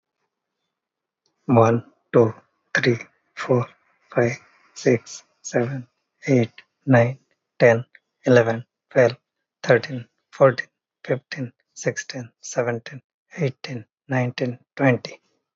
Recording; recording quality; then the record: counting at a normal pace; excellent, no background noise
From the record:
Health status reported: healthy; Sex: male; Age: 51 years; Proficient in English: yes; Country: India